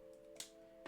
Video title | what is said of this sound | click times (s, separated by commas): Another Epic Transformers Haul Unboxing! #1 | Oh, yes. It just clicked into place there. | 0.4 s